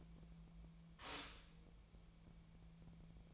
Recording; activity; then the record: daily activity, microphone in the room; stop toaster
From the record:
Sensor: 1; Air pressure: 1000.3 hPa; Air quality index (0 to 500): 157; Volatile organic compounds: 3 ppm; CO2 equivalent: 1473 ppm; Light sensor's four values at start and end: 29/73/31/37 and 29/73/31/37